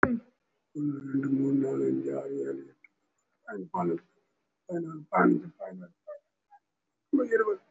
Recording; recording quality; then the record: counting at a fast pace; moderate, slight background noise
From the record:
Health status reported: respiratory illness, not identified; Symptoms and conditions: breathing difficulty, fatigue, muscle pain, chronic lung disease, pneumonia, diabetes, ischaemic heart disease, another condition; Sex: male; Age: 72 years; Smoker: yes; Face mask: worn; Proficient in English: no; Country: India